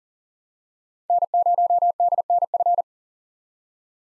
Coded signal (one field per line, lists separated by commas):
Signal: Morse code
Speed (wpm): 40 wpm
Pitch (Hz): 700 Hz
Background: none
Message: N0DNF